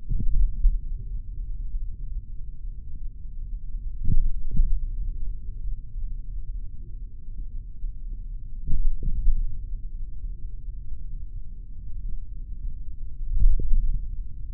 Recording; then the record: forearm muscle sounds (acoustic myography)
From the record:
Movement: tripod grip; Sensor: system 3, bracelet of six PUI Audio POM-2738L microphones around the upper forearm, with dedicated amplification and filtering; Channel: 3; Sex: male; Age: 26 years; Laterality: right